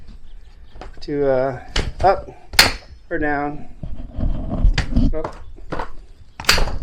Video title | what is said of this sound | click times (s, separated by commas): Review BOB Gear Rambler Jogging Stroller, Black | down, locks in place. | 6.5 s